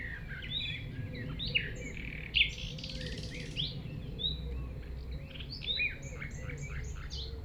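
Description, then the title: Common nightingale singing scattered whistles, chirps and short rising notes between pauses, over a steady low rumble of background noise. At 195 Rue de Vars, Chindrieux, France; recordist approached the singing nightingale on foot through tall grass; while singing it is deaf to outside noise. "195 Rue de Vars, 73310 Chindrieux, France - approche d'un rossignol"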